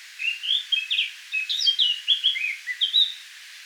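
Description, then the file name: Eurasian blackcap singing a fast, jumbled warble of short sweeping notes and chirps, steady and lively throughout. "Sylvia atricapilla"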